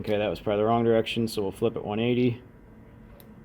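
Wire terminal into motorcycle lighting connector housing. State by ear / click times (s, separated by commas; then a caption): seated / 3.2 s. Someone talks while a blue wire terminal is flipped 180 degrees and pushed into position 1 of a waterproof lighting connector housing on a 2020 BMW S1000RR M during an illuminated roundels install. After the talking stops, a short, sharp click is heard at 3.2 s as the terminal seats in the housing.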